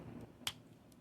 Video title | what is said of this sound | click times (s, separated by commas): Transformers Studio Series 86 Constructicon Scavenger deluxe Devastator limb Transformers review | there we go. One little click and they're out. | 0.5 s